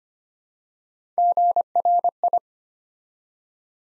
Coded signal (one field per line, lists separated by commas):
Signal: Morse code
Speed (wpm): 25 wpm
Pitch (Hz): 700 Hz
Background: none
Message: GRI